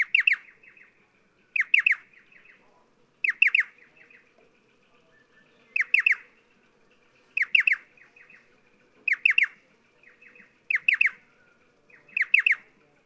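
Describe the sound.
Striated pardalote calling, a sharp three-note phrase of quick notes repeated several times, with faint softer chips between phrases.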